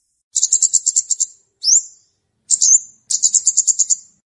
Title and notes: Kicau Pancing Burung Kemade ( Cabe Cabean). Suara Burung Cabe Cabean Pikat